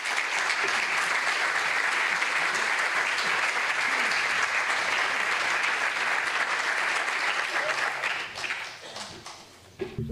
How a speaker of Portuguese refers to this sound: Recibimos con un aplauso ao representante da Asociación de Veciños San Fernando de Racimil,